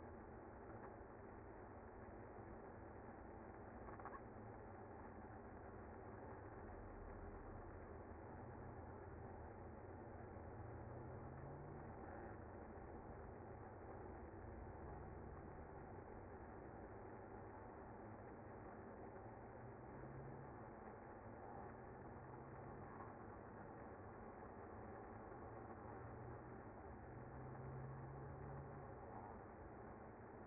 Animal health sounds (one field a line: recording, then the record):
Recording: honeybee colony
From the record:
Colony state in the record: active